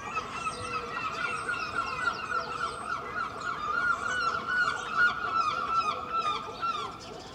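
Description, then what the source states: Gulls calling, overlapping harsh and nasal notes repeated irregularly. Seagulls recorded early morning in Filey, April 2023, from a second storey window with Clippy microphones and a Roland R-07.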